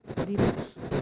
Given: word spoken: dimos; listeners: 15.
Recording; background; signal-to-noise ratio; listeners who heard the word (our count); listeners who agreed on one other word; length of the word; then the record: one Spanish word in noise, from a listening test; noise modulated by one talker; -7.8 dB; 1 of 15; 7 of 15; 0.62 s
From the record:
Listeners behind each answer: 7, 3, 2, 1, 1, 1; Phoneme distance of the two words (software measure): 27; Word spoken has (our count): 2 syllables, 5 phonemes, stress on syllable 1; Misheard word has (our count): 2 syllables, 6 phonemes, stress on syllable 1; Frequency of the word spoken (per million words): 6.43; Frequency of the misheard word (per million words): 112.38